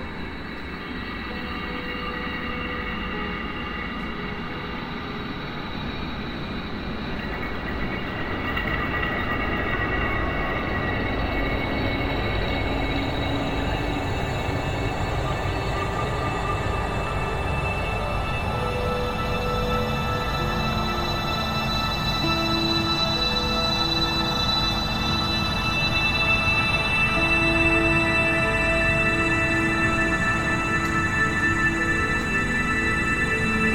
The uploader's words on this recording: Train To Newcastle. I was capturing some samples from inside one of the gangways as we rolled into Newcastle.